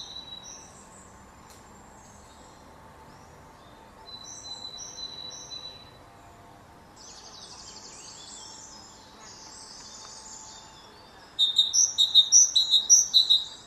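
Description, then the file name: Great tit song, faint two-note phrases early, then a loud, rapid run of alternating high and low notes repeated near the end. "Parus major"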